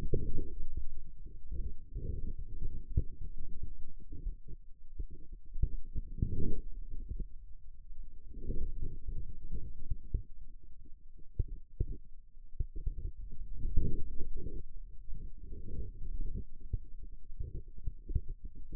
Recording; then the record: forearm muscle sounds (acoustic myography)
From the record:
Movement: radial deviation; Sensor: system 2, bracelet of six BSWA MPA416 microphones around the upper forearm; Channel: 5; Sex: male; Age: 22 years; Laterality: right